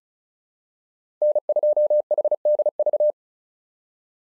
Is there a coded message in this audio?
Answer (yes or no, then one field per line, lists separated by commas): yes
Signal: Morse code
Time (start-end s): 1.2-3.1 s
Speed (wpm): 34 wpm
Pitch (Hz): 600 Hz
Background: none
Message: N2HDV